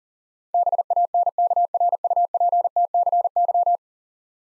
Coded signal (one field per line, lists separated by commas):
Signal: Morse code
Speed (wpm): 40 wpm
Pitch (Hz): 700 Hz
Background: none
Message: BANKRUPTCY